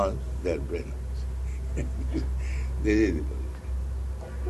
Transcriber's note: laughs